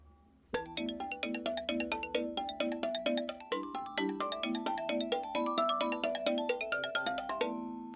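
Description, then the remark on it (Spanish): A radio section jingle: a brisk melody of evenly spaced, bright bell-like electronic notes bouncing up and down for about seven seconds, ending on a sustained chord, with no voices. “Y entonces, este es el identificador de esta sección.”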